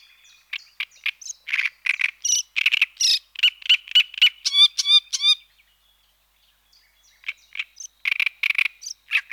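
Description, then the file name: Great reed warbler song: rasping, frog-like croaks repeated quickly with squeaky notes, a brief silence, then the harsh chattering phrases resume. "Rousserolle turdoide"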